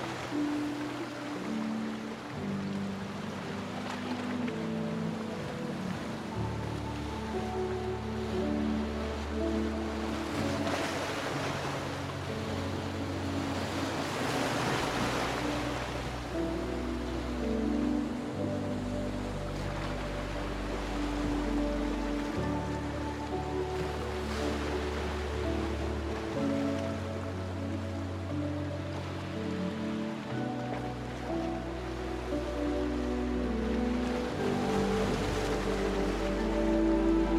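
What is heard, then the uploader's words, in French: Sea waves wash in over a continuous bed of soft music, with slow, sustained bass notes that change every few seconds. The surf swells up in hissing surges around the middle and again near the end, while the overall level stays steady. Son binaural de vagues de mer accompagné de musique.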